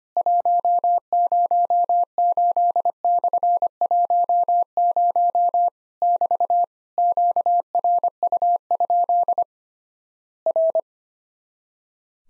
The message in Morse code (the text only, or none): 108/10 <BT> QRU? R